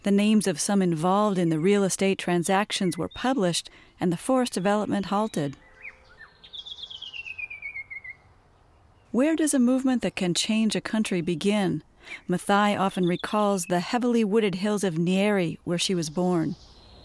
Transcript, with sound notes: The names of some involved in the real estate transactions were published and forest development halted.
[BIRDSONG]
Where does a movement that can change a country begin? Maathai often recalls the heavily wooded hills of Nyeri where she was born.